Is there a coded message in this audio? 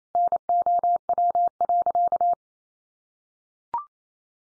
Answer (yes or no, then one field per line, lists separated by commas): yes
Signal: Morse code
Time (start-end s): 0.1-2.3 s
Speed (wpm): 28 wpm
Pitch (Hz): 700 Hz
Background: none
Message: NOW.